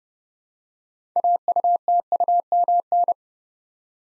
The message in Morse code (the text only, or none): AUTUMN